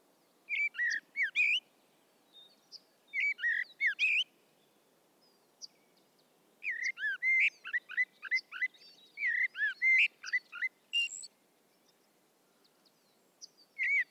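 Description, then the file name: Common blackbird song: warbled fluting phrases with squeaky high twitters, several bursts in quick succession, then a pause and another phrase, background quiet. "Turdus merula"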